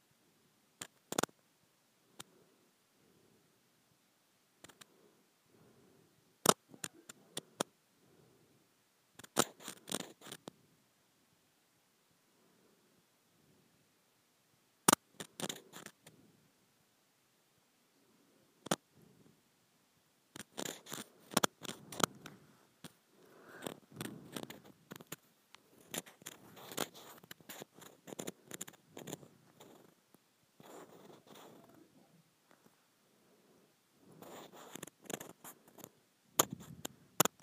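A textured plastic surface is scratched in bursts of quick, rasping strokes, with sharp clicks scattered between them. Early on the scrapes come sparsely, with gaps; from about twenty seconds the scratching turns denser and busier, easing off near thirty-three seconds before a final flurry.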